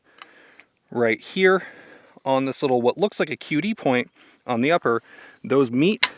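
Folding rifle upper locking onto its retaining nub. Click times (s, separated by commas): 0.2 s, 0.6 s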